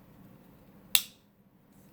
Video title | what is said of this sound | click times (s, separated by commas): Spyderco Native 5 LW Maxamet Final Diagnosis | the satisfying click that you get from engaging this lock is like no other knife I've ever had just listen to this | 1.0 s